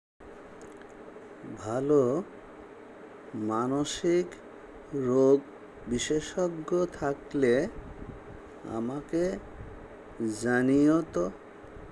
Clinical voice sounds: elicited speech; Bengali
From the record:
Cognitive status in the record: dementia

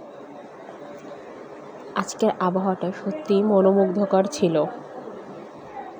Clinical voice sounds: elicited speech; Bengali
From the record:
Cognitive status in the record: cognitively healthy

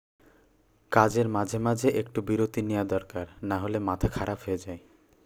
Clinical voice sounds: elicited speech; Bengali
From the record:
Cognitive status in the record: cognitively healthy

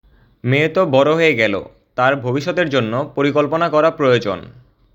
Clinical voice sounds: elicited speech; Bengali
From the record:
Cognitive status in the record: cognitively healthy

